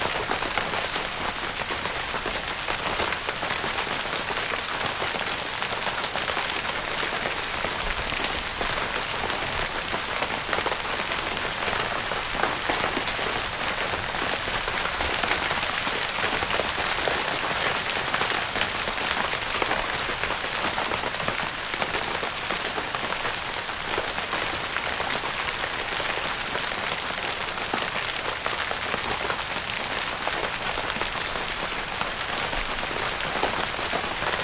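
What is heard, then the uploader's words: Rain patters steadily on a tent, a dense, even hiss of countless drops with no pauses across the whole recording. The sound is bright, with faint individual taps standing out now and then, and little low rumble beneath. RAIN ON A TENT.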